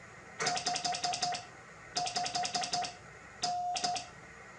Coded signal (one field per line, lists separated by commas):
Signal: Morse code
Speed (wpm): 12 wpm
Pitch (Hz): 720 Hz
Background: none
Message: 55N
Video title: #HamRadio Live! Show 243 Part 2 About The Least Used Bands In Ham Radio. 2200m and 630m Thanks N4POD